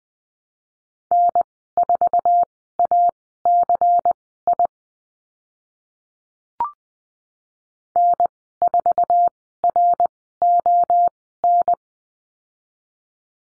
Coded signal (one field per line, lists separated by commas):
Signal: Morse code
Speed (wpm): 20 wpm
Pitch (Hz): 700 Hz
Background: none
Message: N4ACI N4RON